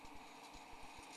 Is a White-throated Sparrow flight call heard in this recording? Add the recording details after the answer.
no. No flight call is heard. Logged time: 10:35 on 12 December 2014